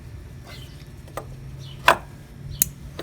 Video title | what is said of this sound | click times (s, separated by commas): Ford Taurus SHO spark Plug Replacement | we hear the click and then push the red part vacuum to lock it in that's it | 1.9 s, 2.6 s